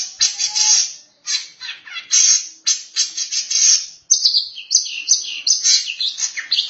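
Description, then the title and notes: Long-tailed Shrike song of grating, buzzy chatter in short bursts, shifting into a faster, more varied warble of slurred high notes. "Pentet 201703. Suara burung pentet"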